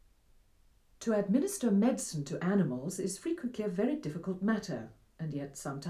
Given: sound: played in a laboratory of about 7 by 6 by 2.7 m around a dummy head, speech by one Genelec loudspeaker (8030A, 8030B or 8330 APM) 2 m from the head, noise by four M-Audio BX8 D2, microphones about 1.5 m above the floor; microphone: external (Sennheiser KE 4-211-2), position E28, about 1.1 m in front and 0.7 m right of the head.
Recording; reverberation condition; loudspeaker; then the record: female speech in English; low; 30 degrees to the left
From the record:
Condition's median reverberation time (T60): about 310 ms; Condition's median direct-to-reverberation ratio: about 3.5 dB